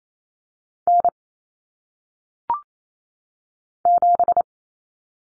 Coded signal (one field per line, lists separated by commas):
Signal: Morse code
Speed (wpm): 28 wpm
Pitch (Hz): 700 Hz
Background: none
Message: N 7